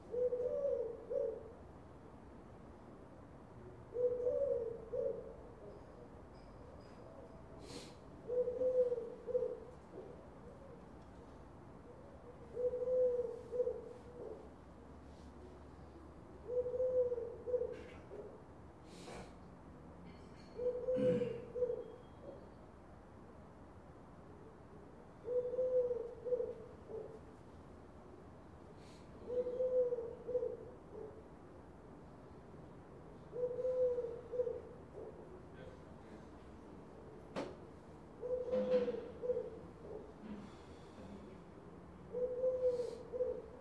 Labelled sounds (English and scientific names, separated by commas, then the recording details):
Eurasian Collared Dove (Streptopelia decaocto)
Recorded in the wild
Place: La Rochelle, FR
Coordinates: 46.1622, 1.15111
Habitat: city
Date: 2011-09-15
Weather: 15°C, sunny
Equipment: Zoom H2
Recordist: Frommolt, Karl-Heinz
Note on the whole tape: Hof des Hotels de Paris: Rufe von Türkentauben. Stereoaufnahme. Aufnahme z.T. geschnitten